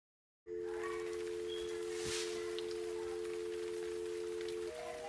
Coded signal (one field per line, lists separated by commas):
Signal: telephone call progress tone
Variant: North America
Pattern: dial tone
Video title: Stay at home dad fails making healthy easy smoothie for kids